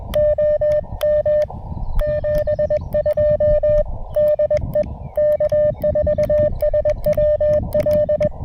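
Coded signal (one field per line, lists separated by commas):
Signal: Morse code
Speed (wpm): 21 wpm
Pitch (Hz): 600 Hz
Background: none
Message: OM 72 DE K4SWL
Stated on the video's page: CW from a rainy POTA park activation with an Elecraft KX2, KXPD2 paddles, battery power and a random wire antenna.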